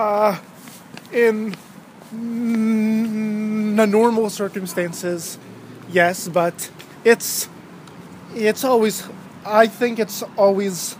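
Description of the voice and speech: Adult speech with stuttering: a long sound prolongation, repeated "it's" restarts and long pauses.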